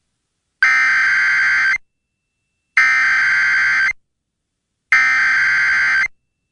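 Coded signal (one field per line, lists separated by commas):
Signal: Emergency Alert System (SAME) tones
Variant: header bursts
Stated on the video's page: Severe thunderstorm and tornado warnings aired on Illinois and Indiana radio stations, captured from live online radio streams.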